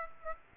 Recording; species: mosquito wingbeat signal from an infrared sensor; Aedes aegypti